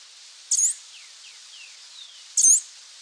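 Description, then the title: Bird giving two sharp, very high chirps about two seconds apart, with faint thin down-slurred notes between them; steady soft background hiss. "LuckyPassaro Completos2Sama"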